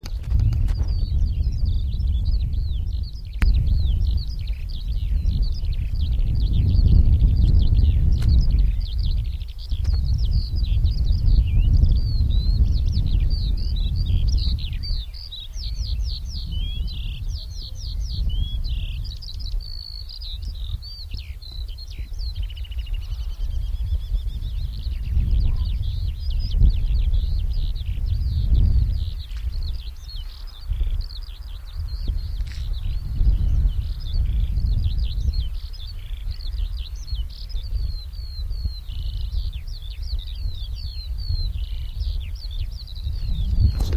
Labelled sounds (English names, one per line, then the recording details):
Eurasian Skylark song
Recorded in the wild
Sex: male
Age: adult
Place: Lübars (Fließtal), Berlin, DE
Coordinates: 52.6167, 13.35
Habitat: meadow
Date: 1996-06-23 14:42
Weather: cloudy, 15°C, wind
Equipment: Sony MD-WM MZ-R3, Sennheiser MKH 416 T, Kopie Uher 4000 Report Monitor
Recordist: Tembrock, Günter
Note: Gesang